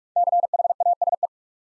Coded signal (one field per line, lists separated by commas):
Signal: Morse code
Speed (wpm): 44 wpm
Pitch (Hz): 700 Hz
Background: none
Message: CHASE